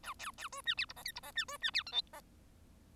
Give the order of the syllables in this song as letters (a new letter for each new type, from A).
A B B C D E F G H F G D C D E I J G